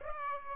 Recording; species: mosquito wingbeat signal from an infrared sensor; Aedes aegypti